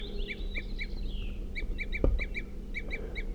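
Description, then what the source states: Crossbill calling: a quick run of many sharp toop notes in close succession, with a single soft thump midway and low background rumble. Crossbill tooping at the edge of a clearing, seen silhouetted, around 8:28 p.m.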